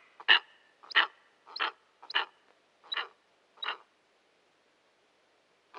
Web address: Schulze Peter Steppe Eagle